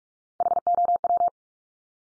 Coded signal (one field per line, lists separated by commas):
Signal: Morse code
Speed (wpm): 44 wpm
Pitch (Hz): 700 Hz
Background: none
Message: HOW